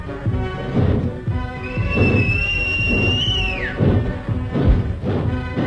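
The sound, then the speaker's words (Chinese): A single long, shrill whistle blown as a signal to a railway switchman as a train is about to depart, held steady for about two seconds before sliding down at the end, over a backdrop of heavy rhythmic thumps and clatter. “小坡赶紧向远处的扳道员吹口哨。”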